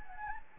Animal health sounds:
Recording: mosquito wingbeat signal from an infrared sensor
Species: Anopheles gambiae

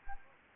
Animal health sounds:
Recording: mosquito wingbeat signal from an infrared sensor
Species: Anopheles arabiensis

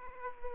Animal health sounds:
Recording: mosquito wingbeat signal from an infrared sensor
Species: Aedes aegypti

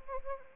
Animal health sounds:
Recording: mosquito wingbeat signal from an infrared sensor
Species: Anopheles arabiensis

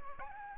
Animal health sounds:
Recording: mosquito wingbeat signal from an infrared sensor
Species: Aedes aegypti

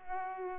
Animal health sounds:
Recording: mosquito wingbeat signal from an infrared sensor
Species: Culex pipiens

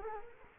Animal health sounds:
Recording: mosquito wingbeat signal from an infrared sensor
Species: Culex quinquefasciatus

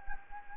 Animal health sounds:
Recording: mosquito wingbeat signal from an infrared sensor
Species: Anopheles gambiae

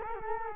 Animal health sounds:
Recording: mosquito wingbeat signal from an infrared sensor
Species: Culex quinquefasciatus

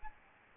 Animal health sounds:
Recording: mosquito wingbeat signal from an infrared sensor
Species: Aedes albopictus

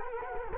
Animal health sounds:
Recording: mosquito wingbeat signal from an infrared sensor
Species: Culex quinquefasciatus

